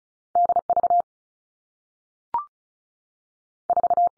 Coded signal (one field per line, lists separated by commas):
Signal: Morse code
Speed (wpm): 36 wpm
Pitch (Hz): 700 Hz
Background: none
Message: D V 4